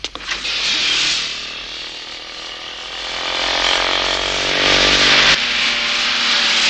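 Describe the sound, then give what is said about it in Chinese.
Loud engines of two cars roar continuously as they chase a motorcycle, the droning swelling in intensity toward the end before an abrupt shift in pitch as the motorcycle makes a sudden sharp turn. No voices are heard. “汽车和摩托车的距离越来越近了，摩托车突然来了个急转弯。”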